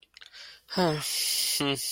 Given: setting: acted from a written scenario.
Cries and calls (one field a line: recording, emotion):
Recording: vocal sound without words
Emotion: sadness